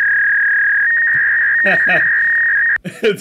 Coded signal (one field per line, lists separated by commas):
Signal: fax machine handshake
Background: speech